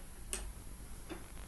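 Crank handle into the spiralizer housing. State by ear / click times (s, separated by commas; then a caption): seated / 0.3 s. The crank handle of a plastic Scharfpro vertical spiralizer is pushed into its slot on the top of the housing. It snaps into place with a single sharp tick at 0.3 s, followed by a fainter tick near 1.1 s. The handle is seated.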